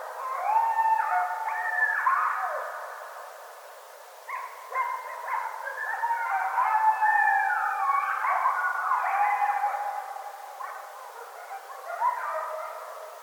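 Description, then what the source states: Coyotes howling together, overlapping wavering and sliding tones with yips and quavers, a chorus lasting the whole stretch with a brief lull near four seconds. Several coyotes recorded on 7 August 2011.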